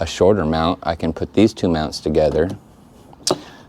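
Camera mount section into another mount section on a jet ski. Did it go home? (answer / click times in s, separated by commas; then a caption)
yes / 3.3 s. Someone talks while two plastic camera mount sections are pushed together on a Sea-Doo Fish Pro jet ski to make one shorter mount. After a faint tick at 3.1 s, a single sharp snap at 3.3 s marks the sections seating together, and only quiet background remains afterward.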